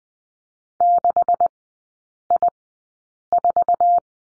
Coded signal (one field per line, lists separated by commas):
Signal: Morse code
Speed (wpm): 20 wpm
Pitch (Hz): 700 Hz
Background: none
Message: 6I4